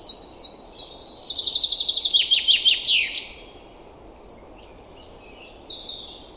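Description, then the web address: Common chaffinch song: a run of clear notes speeding into a descending trill that ends in a sharp flourish, followed by faint twittering. "Deverinetal 2025"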